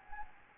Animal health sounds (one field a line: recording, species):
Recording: mosquito wingbeat signal from an infrared sensor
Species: Anopheles gambiae